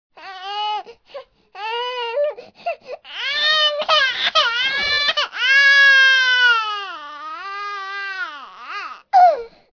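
High-pitched, strongly voiced wails with rising and falling pitch, broken by short fussy whimpers and gasping breaths between cries. Ordinary baby crying and fussing.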